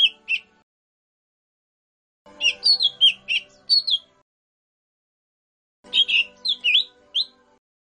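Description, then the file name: Lesser green leafbird song: short phrases of slurred, bright whistled notes, some rising and falling, delivered in bursts with pauses of about two seconds between them. "cucak hijau mini. omkicau"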